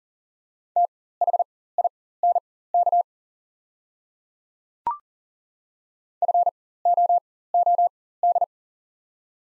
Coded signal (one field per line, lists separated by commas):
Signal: Morse code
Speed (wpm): 40 wpm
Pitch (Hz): 700 Hz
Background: none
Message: THINK FOOD